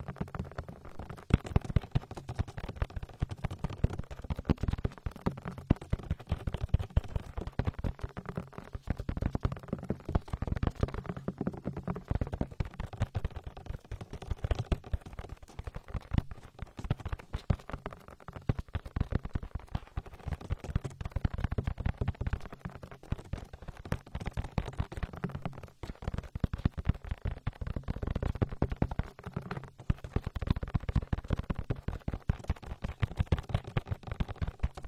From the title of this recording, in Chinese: 暴力精油搓耳